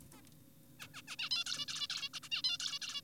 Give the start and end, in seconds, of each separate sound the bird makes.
0.13-0.22, 0.80-0.88, 0.94-1.02, 1.08-1.16, 1.19-1.30, 1.31-1.44, 1.46-1.66, 1.68-1.88, 1.90-2.09, 2.14-2.20, 2.23-2.29, 2.32-2.42, 2.44-2.58, 2.60-2.79, 2.82-3.01